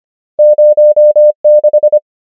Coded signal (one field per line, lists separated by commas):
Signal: Morse code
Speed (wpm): 25 wpm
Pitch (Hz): 600 Hz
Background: none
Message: 0 6